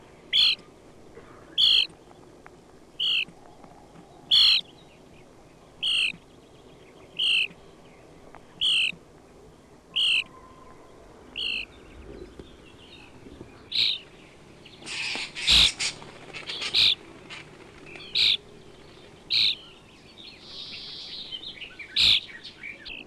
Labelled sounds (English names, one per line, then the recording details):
European Starling
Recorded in the wild
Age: adult
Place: Horscha, Sachsen, DE
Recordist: Meyer, Hugo